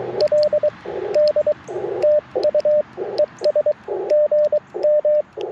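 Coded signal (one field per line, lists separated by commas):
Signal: Morse code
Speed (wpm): 23 wpm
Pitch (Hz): 600 Hz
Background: radio noise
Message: LD TU ES GM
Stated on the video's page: Live QRP CW Parks on the Air activation in a national forest, sent with paddles on an Icom IC-705 into a vertical antenna.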